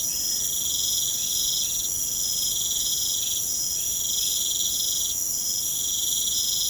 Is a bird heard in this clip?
no